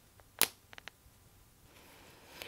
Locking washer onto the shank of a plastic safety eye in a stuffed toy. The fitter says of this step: and it will just slide on and you'll hear it clicking tight to the back